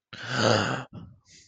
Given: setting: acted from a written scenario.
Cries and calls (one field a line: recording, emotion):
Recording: vocal sound without words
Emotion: positive surprise